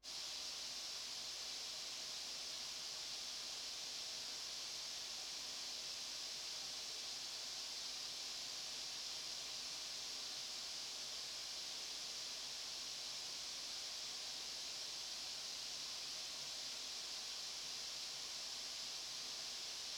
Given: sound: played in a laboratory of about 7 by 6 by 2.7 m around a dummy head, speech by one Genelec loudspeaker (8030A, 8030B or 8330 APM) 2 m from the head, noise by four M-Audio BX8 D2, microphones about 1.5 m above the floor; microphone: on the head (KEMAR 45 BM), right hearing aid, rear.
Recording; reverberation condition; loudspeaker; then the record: white noise; medium; four, about 170 cm from the corners of the room and facing them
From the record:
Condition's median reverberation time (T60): about 510 ms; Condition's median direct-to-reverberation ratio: about -0.5 dB